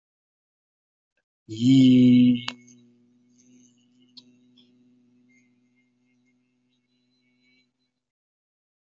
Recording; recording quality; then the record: sustained vowel as in beet; excellent, no background noise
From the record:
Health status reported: healthy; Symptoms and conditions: none ticked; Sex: male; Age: 50 years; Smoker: not ticked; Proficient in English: yes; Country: United States